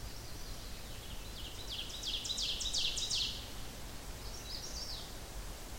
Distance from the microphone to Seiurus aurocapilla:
about 45 m